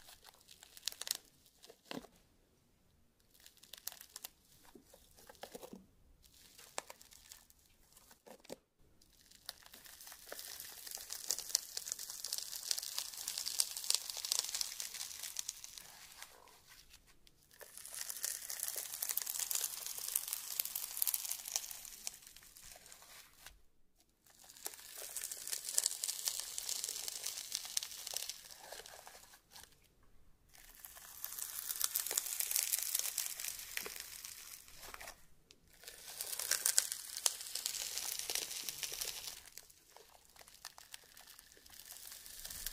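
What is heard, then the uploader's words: Quiet tapping and scattered clicks open the first nine seconds. After that come long bursts of bright, crackly scraping and squishing, like crayon and slime, each lasting several seconds and separated by brief silent pauses. Slime Sounds Crayon Sounds + Tapping. Some various mixed sounds.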